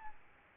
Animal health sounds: mosquito wingbeat signal from an infrared sensor; Aedes albopictus

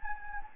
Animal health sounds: mosquito wingbeat signal from an infrared sensor; Anopheles gambiae

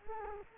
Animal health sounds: mosquito wingbeat signal from an infrared sensor; Culex quinquefasciatus

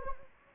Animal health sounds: mosquito wingbeat signal from an infrared sensor; Anopheles gambiae

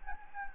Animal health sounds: mosquito wingbeat signal from an infrared sensor; Anopheles gambiae

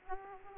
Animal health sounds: mosquito wingbeat signal from an infrared sensor; Aedes aegypti

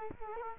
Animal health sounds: mosquito wingbeat signal from an infrared sensor; Culex quinquefasciatus

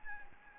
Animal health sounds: mosquito wingbeat signal from an infrared sensor; Anopheles arabiensis

